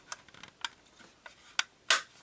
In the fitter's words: There you go, little click.